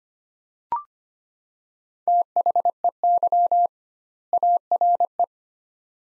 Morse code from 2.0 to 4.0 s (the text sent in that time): THEY